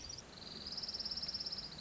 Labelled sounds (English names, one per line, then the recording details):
Orange-crowned Warbler
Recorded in Sonoma County, California